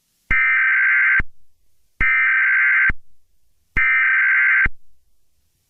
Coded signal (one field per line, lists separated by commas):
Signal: Emergency Alert System (SAME) tones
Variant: header bursts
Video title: An EAS SCENARIO #8: Pomni.Exe (Unfinished)